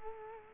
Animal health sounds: mosquito wingbeat signal from an infrared sensor; Culex quinquefasciatus

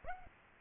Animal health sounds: mosquito wingbeat signal from an infrared sensor; Aedes aegypti

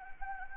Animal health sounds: mosquito wingbeat signal from an infrared sensor; Anopheles gambiae

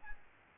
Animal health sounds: mosquito wingbeat signal from an infrared sensor; Aedes albopictus

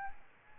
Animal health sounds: mosquito wingbeat signal from an infrared sensor; Aedes albopictus

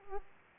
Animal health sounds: mosquito wingbeat signal from an infrared sensor; Aedes aegypti

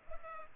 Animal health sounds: mosquito wingbeat signal from an infrared sensor; Culex pipiens

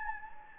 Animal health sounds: mosquito wingbeat signal from an infrared sensor; Anopheles gambiae

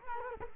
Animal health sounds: mosquito wingbeat signal from an infrared sensor; Culex quinquefasciatus

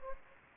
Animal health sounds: mosquito wingbeat signal from an infrared sensor; Anopheles gambiae

